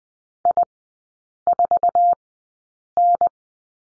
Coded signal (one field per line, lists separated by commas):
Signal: Morse code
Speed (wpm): 19 wpm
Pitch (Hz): 700 Hz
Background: none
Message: I4N